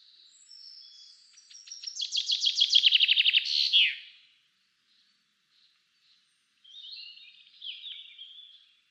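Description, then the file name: Common chaffinch delivering one loud song, a cascading series of notes ending with an emphatic flourish, then quieter bird chirps in the background. "Fringilla coelebs"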